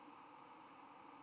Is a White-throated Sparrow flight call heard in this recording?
no